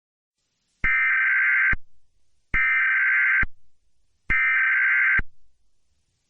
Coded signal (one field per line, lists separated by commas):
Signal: Emergency Alert System (SAME) tones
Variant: header bursts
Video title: What Are EAS Scenarios? The Scary Noise